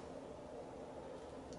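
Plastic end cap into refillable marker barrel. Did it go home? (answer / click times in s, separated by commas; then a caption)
no / none. A small plastic end cap is being pushed down into the barrel of a refillable marker. Only a steady, even background hiss is heard, with no distinct click. The cap has not clicked or seated yet and is not all the way down.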